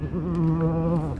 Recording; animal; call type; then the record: contact call of a hoofed animal; goat; low-frequency (closed-mouth) or high-frequency (open-mouth) call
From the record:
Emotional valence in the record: negative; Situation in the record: short social isolation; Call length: 1.20 s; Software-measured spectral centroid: 1100 Hz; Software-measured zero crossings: 550 a second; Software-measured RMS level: -24 dBFS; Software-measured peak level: -13 dBFS